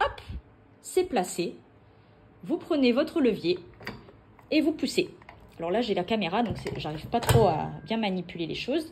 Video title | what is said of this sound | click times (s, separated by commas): Tuto : Création d’un mini badge (25MM) | Là vous avez entendu le clic, c'est que c'est bon. | 3.9 s